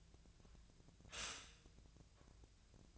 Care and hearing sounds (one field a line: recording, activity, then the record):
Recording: daily activity, microphone in the room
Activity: stop toaster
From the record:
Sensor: 2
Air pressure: 1009.2 hPa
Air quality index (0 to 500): 186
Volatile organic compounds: 11 ppm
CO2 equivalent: 2308 ppm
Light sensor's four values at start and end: 18/46/19/21 and 21/53/22/24